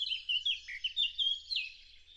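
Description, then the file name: Eurasian blackcap song, a fast chattering warble of bright, slurred high notes, loudest in the first half and fading toward the end. "Sylvia atricapilla"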